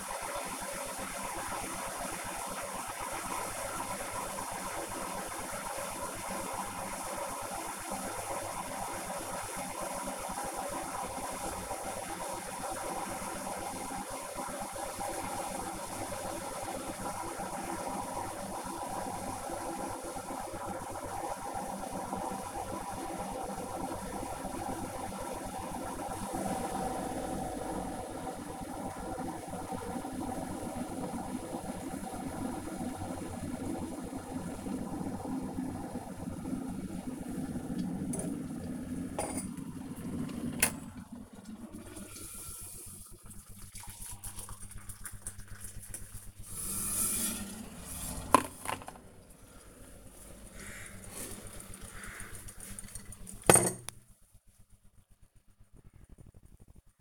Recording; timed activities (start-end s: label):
household activities, microphone on the right wrist
0.00-50.57 s: making tea